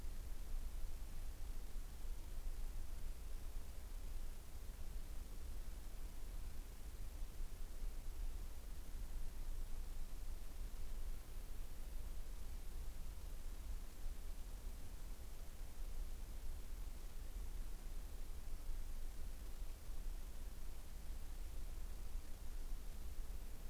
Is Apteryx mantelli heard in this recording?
no